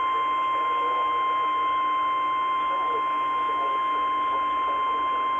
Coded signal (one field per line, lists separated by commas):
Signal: Emergency Alert System (SAME) tones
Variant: 853 and 960 Hz attention tone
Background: speech